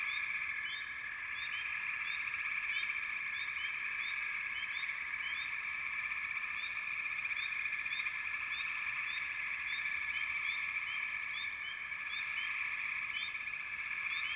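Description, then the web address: Frogs calling in chorus, a continuous high trilling hum with many quick rising chirps repeating across the whole stretch. "Sounds of Nature Collection Frog Chourus"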